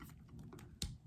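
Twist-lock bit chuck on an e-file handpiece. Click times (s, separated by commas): 0.6 s, 0.8 s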